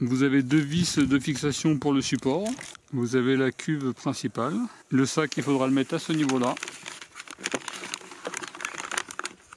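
A paper dust bag is pushed onto the inner inlet pipe of a LIDL Parkside PNTSA 20-Li A1 cordless 20V wet/dry vacuum while someone talks. The paper crinkles and crackles from about 6.6 s to the end, with sharp crinkle pops near 7.5, 7.9, 8.7, 9.0 and 9.2 s. The bag's collar does not lock onto the inlet and nothing has clicked because the included bag does not fit perfectly, and a slightly larger diameter would have been better.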